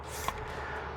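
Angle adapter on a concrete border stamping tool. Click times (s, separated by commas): 0.3 s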